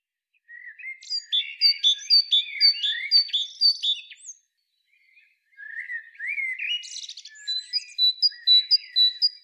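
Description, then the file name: Great tit giving rapid high notes about twice a second, mixed with lower scratchy notes, then a short pause and more scratchy and high notes. "Parus major"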